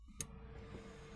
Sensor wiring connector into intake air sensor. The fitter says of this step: okay the last part we're going to go ahead and reconnect the sensor here if you hear it snap in and